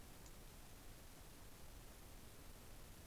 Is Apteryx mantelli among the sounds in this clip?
no